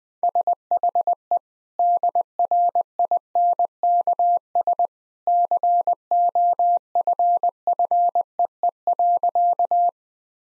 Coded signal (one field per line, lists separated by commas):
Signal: Morse code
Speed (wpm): 21 wpm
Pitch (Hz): 700 Hz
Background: none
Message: SHE DRINKS COFFEE.